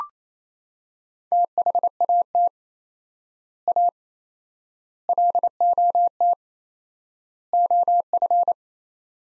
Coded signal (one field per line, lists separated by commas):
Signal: Morse code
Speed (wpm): 28 wpm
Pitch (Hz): 700 Hz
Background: none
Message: THAT A LOT OF